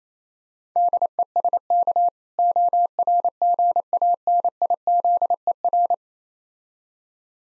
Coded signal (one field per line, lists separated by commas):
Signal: Morse code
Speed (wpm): 28 wpm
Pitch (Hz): 700 Hz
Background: none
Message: DESK ORGANIZER